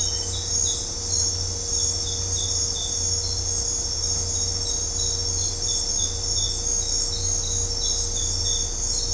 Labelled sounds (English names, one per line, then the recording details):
none
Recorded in dense forest near Puerto Asís, Putumayo, Colombia, on 20 December 2024 at 21:00
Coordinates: 0.503, -76.323
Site G043